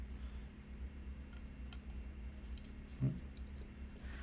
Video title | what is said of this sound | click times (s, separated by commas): Field One Force- Help with different assembly areas of your Field One Force | on this side click into | 1.7 s, 2.6 s